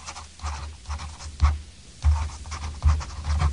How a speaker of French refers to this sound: Oui, il écrit avec un stylo. Il écrit sur le papier. Oui, il écrit sur le papier.